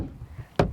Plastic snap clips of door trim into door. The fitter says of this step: There's just snaps. You hear them click.